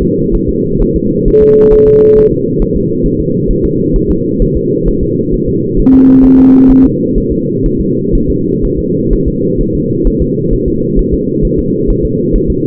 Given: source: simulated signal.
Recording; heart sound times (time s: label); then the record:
fetal heart sounds
0.02 s: S2
0.35 s: S1
0.49 s: S2
0.82 s: S1
0.96 s: S2
1.28 s: S1
1.43 s: S2
1.73 s: S1
1.88 s: S2
2.18 s: S1
2.32 s: S2
2.62 s: S1
2.76 s: S2
3.06 s: S1
3.21 s: S2
3.51 s: S1
3.65 s: S2
3.96 s: S1
4.11 s: S2
4.42 s: S1
4.57 s: S2
4.88 s: S1
5.03 s: S2
5.34 s: S1
5.49 s: S2
5.80 s: S1
5.94 s: S2
6.25 s: S1
6.39 s: S2
6.71 s: S1
6.85 s: S2
7.18 s: S1
7.32 s: S2
7.66 s: S1
7.81 s: S2
8.15 s: S1
8.30 s: S2
8.65 s: S1
8.79 s: S2
9.13 s: S1
9.28 s: S2
9.61 s: S1
9.75 s: S2
10.07 s: S1
10.22 s: S2
10.53 s: S1
10.68 s: S2
10.99 s: S1
11.14 s: S2
11.45 s: S1
11.59 s: S2
11.90 s: S1
12.05 s: S2
12.36 s: S1
12.50 s: S2
From the record:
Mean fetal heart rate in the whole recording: 130 bpm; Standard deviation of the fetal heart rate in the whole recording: 4 bpm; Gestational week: 38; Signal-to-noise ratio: -11.2 dB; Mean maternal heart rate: 72 bpm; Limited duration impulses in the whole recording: present